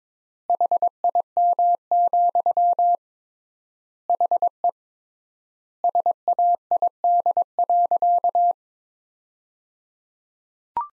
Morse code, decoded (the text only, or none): HIM, HE SAID.